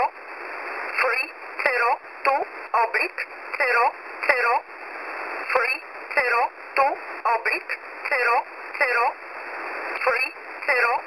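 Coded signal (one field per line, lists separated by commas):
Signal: numbers station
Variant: E11 Oblique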